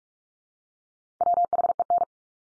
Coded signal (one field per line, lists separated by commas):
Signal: Morse code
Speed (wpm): 46 wpm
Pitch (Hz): 700 Hz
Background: none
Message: WHEN